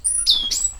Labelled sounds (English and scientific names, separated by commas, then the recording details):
Stitchbird (Notiomystis cincta) song
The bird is a male
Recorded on Tiritiri Matangi Island, New Zealand, in 2005
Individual 19, of nest box 27